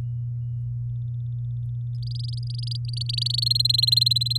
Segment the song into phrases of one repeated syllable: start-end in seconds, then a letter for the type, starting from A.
2.02-3.44 A, 3.46-4.38 B